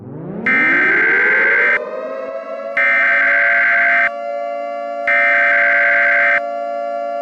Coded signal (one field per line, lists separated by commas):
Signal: Emergency Alert System (SAME) tones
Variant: header bursts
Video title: EAS Scenario: The Savior